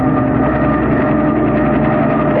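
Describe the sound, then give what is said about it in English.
An approaching helicopter, coming in from the east and bringing in a hired couple, roars steadily and loudly, a dense low rumble with a whining mechanical drone layered on top, continuous throughout with no voices. “This is a helicopter, Milo.”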